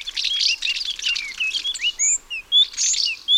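Several birds chirp and twitter together in a busy, overlapping chorus, with bright high-pitched trills and clear whistled notes rising and falling throughout. No one speaks.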